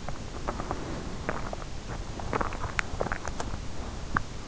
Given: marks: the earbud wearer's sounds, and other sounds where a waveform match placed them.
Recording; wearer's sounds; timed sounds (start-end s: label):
sounds in sleep by an in-ear microphone; teeth grinding, swallowing
0.00-0.87 s: teeth grinding
1.07-4.39 s: swallowing